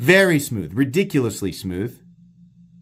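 Someone talks while handling the steel blade of a Miguron Akri folding knife, which is heading into its lock or detent in the handle. The speech stops at about 2.0 s, leaving a faint low hum. Nothing has seated or clicked yet.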